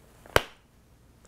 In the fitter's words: can hear it click and it stays incredibly sealed and then